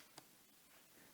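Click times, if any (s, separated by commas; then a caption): 0.2 s. A small product vial is pressed into a needle-free mesotherapy injector gun, pushed on the side until it clicks into place. A single short, sharp click is heard at 0.2 s against a faint, steady background hiss, and the click is confirmed. The vial is seated.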